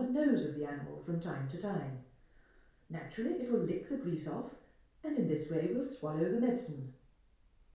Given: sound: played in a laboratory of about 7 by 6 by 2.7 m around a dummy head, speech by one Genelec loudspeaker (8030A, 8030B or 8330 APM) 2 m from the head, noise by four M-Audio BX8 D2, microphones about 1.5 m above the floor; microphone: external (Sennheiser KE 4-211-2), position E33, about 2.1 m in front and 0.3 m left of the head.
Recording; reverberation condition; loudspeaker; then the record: female speech in English; medium; 60 degrees to the left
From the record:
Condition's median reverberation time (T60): about 510 ms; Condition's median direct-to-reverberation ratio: about -0.5 dB